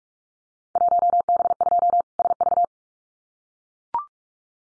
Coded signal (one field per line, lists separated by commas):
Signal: Morse code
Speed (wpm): 44 wpm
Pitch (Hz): 700 Hz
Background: none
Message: 1B2 SV